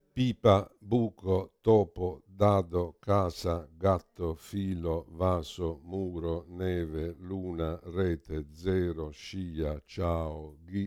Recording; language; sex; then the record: read list of words; Italian; male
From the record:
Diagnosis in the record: Parkinson's disease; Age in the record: 65 years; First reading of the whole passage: 52 s, 9.9 characters per second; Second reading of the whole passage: 50 s, 10.3 characters per second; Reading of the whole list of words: 40 s, 7.0 characters per second